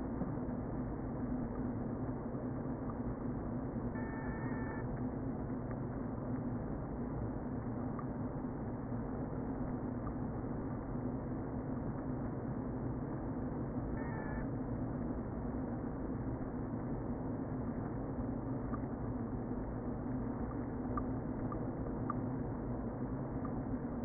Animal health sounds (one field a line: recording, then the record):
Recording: honeybee colony, microphone inside the hive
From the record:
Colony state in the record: queen present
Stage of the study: before two queens were removed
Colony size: about 60,000 bees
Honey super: yes